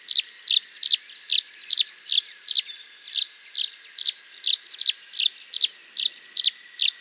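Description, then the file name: Tree swallow giving a run of sharp high chirps, evenly spaced at roughly two or three per second, with a constant thin drone behind them. "Tachycineta bicolor - Tree Swallow"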